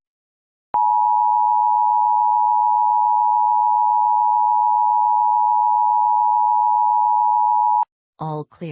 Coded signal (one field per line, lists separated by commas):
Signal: Emergency Alert System (SAME) tones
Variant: 853 and 960 Hz attention tone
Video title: EAS Scenario 1, Nuclear War